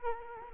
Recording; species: mosquito wingbeat signal from an infrared sensor; Culex quinquefasciatus